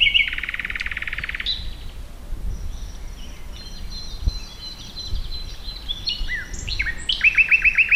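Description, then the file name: Common nightingale song: a rich buzzy trill, then scattered varied notes and whistles, ending in a fast run of repeated sharp notes. "Luscinia megarhynchos"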